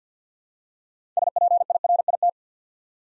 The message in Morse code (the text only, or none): SPIRIT